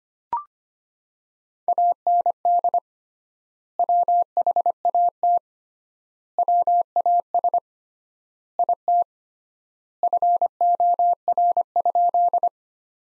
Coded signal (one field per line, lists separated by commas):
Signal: Morse code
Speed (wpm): 25 wpm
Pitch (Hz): 700 Hz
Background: none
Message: AND WHAT WAS IT FOR?